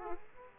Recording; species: mosquito wingbeat signal from an infrared sensor; Aedes aegypti